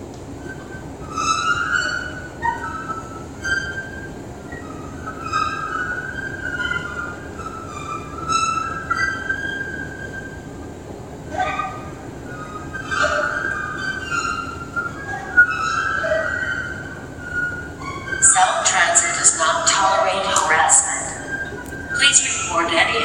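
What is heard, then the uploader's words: Singing escalators in Seattle's Roosevelt Station warble in wavering tones over a steady low rumble, with a harsh, bright clattering surge near the end. Singing escalators in the Sound Transit Roosevelt Station, Seattle.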